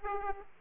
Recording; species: mosquito wingbeat signal from an infrared sensor; Aedes aegypti